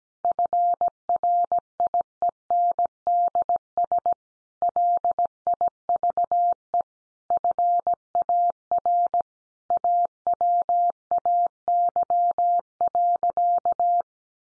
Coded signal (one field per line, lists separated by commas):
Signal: Morse code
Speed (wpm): 17 wpm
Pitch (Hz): 700 Hz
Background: none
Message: FRIENDS LIVE FAR AWAY.